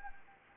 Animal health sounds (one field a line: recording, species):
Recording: mosquito wingbeat signal from an infrared sensor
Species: Anopheles gambiae